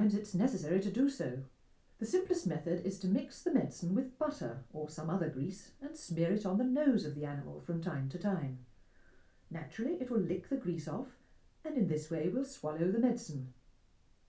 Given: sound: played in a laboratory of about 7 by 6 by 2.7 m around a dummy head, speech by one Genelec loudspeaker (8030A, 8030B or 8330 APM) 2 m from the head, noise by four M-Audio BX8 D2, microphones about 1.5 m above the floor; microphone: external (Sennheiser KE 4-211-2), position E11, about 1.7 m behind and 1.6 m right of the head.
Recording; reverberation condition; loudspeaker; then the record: female speech in English; low; behind (180 degrees)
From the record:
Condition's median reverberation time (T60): about 310 ms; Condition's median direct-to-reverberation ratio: about 3.5 dB